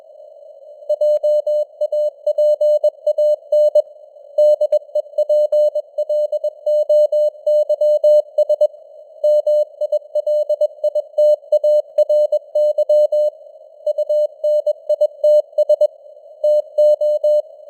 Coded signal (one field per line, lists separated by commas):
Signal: Morse code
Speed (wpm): 21 wpm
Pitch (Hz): 600 Hz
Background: none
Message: JAPAN DEPLOYS MILITARY UNITS TO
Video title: Morse Code News | 2025-11-05 | 21wpm